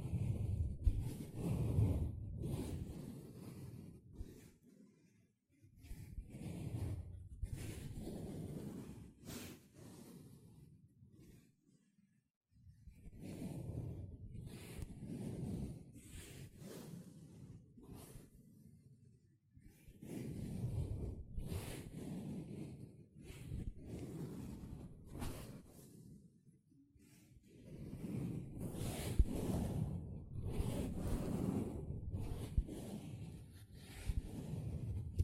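Sponge sounds come in bursts of squishing and scratching, each lasting a few seconds, with short silent gaps near 5, 12, 20 and 26 seconds. The strokes are dense and rough, heavy in the low range with breathy, hissing edges, rising and falling unevenly.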